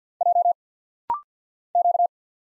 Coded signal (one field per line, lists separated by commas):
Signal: Morse code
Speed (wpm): 50 wpm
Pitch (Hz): 700 Hz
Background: none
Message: J Q